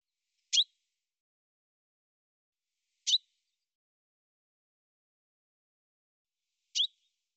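Bird calls: three short, sharp high chirps, the second coming about two and a half seconds after the first and the third nearly four seconds later, with silence between.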